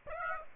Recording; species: mosquito wingbeat signal from an infrared sensor; Aedes aegypti